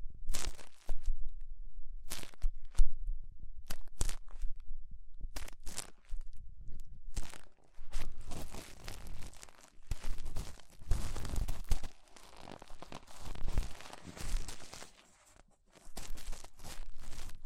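Close, crackly scraping and crinkling sounds come from the ear-cleaning and removal of rhinestones and clay. Bursts of crunchy, tearing texture start and stop irregularly, with short silent gaps. The sound grows denser and more continuous from about eight seconds on.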